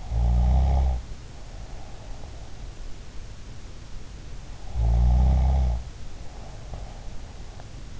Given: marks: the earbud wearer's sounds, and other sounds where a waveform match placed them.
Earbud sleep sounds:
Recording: sounds in sleep by an in-ear microphone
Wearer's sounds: snoring breath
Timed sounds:
0.00-2.13 s: snoring breath
4.49-7.17 s: snoring breath

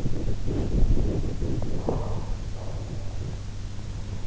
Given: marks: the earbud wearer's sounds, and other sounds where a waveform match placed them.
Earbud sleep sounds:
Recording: sounds in sleep by an in-ear microphone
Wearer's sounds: body movement, breath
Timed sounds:
0.00-1.71 s: body movement
1.88-3.34 s: breath

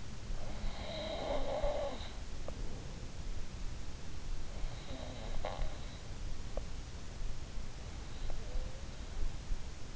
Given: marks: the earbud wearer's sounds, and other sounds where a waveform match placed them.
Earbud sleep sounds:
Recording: sounds in sleep by an in-ear microphone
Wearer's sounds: breath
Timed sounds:
0.00-2.40 s: breath

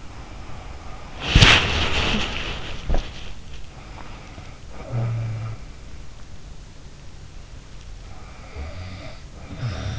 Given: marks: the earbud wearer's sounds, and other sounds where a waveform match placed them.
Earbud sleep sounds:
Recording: sounds in sleep by an in-ear microphone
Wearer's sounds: body movement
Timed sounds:
0.00-4.14 s: body movement
4.69-5.61 s: sound from someone else or the room
8.14-9.99 s: sound from someone else or the room

